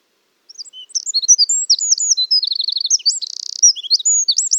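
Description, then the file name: Eurasian wren delivering a rapid, high-pitched string of twitters and quick trills with a buzzy rattle toward the end. "Troglodytes troglodytes"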